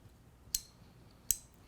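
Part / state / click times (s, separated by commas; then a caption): butane refill can nozzle into lighter fuel valve / seated / 0.6 s, 1.3 s. A butane refill can's nozzle is twisted into the filling valve on the bottom of a Patek Philippe Ellipse lighter, which is held upside down so the butane goes into the tank. Two sharp, bright clicks sound at 0.5 s and 1.3 s, and a fainter tick follows near the end. The nozzle catches and seats all the way in the valve.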